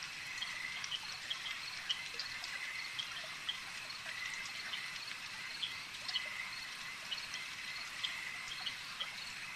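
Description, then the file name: Insect chorus, unbroken high buzz layered with scattered short chirps and clicks over the whole stretch. A swarm of insects. "Insect Swarm Ambience"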